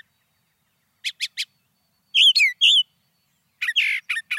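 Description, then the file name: Brown thrasher singing: three quick sharp notes, then a few loud slurred whistles, then a dense burst of harsh, buzzy chattering phrases. "suara-kicauan-brown-thrasher 2-omkicau"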